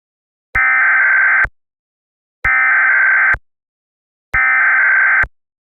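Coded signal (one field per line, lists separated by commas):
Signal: Emergency Alert System (SAME) tones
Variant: header bursts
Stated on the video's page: Fictional EAS scenario, simulated alert.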